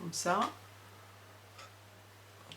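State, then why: Seated. Fabric is tucked over a metal cover-button shell, the button back is laid on, and a pressing tool is pushed down until the back clips into the shell. Someone talks briefly at the start, then after a quiet stretch a short sharp tick at 2.5 s marks the back snapping into place, seated.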